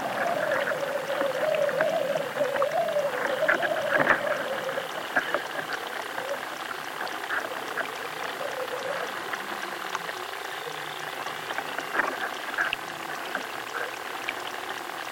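Underwater life in a chalk river: a dense, steady bed of fine clicks, ticks and crackles runs throughout. In the first five seconds a wavering, whistling tone rises and falls over the crackle, then fades, leaving the busy ticking texture with occasional sharper pops.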